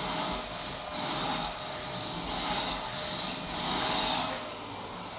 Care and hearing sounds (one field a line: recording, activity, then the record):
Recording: daily activity, microphone in the room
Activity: vacuum cleaning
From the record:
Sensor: 3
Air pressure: 1002.0 hPa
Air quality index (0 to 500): 248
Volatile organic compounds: 52 ppm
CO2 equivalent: 3321 ppm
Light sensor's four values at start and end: 12/35/15/13 and 11/33/14/12